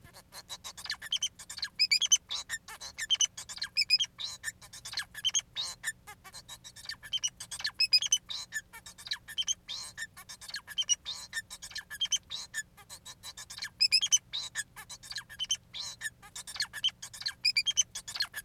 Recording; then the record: song of a male Bengalese finch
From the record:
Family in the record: son of father 4